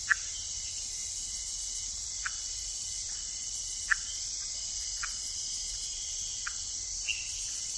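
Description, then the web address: Tiger-striped leaf frog calls as short sharp clicks, several spaced irregularly, beneath a dense high-pitched insect chorus that runs throughout. Ecuadorian Amazon, South America. "Natures Songs S America Frogs of Ecuadorian Amazon Phyllomedusa tomopterna"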